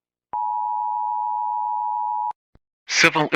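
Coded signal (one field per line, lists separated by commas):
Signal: Emergency Alert System (SAME) tones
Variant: 853 and 960 Hz attention tone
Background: speech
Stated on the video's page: Fictional EAS scenario, not a real alert.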